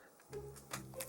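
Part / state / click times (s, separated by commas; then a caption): rotating front assembly of a transforming toy figure / seated / 1.0 s. The rotating plastic front assembly of an MPM-14 Masterpiece Bonecrusher transforming toy figure is turned up past a first clicking point and pushed a little further. Soft plastic clicks and rattles come through around 0.3 s and 0.7 s before the joint snaps into place at 1.0 s.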